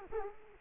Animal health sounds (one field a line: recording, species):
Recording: mosquito wingbeat signal from an infrared sensor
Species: Culex quinquefasciatus